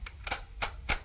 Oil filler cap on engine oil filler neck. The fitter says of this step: As I screw this down, it clicks.